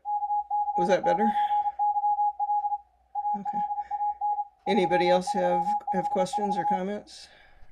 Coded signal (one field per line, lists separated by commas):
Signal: Morse code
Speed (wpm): 31 wpm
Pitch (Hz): 830 Hz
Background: speech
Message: KC9YL ALAN 3354